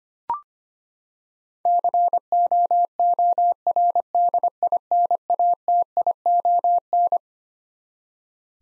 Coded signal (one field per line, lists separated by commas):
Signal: Morse code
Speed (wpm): 25 wpm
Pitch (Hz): 700 Hz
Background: none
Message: COORDINATION